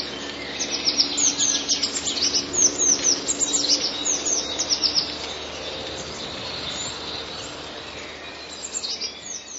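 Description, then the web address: Eurasian blue tit song: fast high twittering chirps for about five seconds, fading to a quieter stretch with a low steady hum and a few final notes. "wroblowe teka spiew. modraszkoteka"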